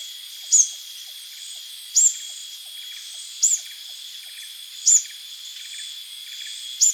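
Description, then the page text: Plain sunbird giving thin, very high, sharp chirps, about five in a row spaced roughly a second and a half apart, over a steady high insect-like hum. "Plain Sunbird Calls. Quick Sounds library"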